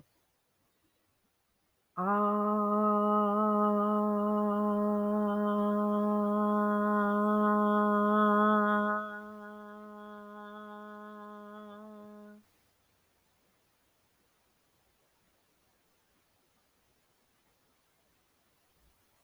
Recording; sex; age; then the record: vowel held as long as possible; female; 40 to 49 years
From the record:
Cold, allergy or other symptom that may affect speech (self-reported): no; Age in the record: 45 years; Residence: New York, United States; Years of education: 17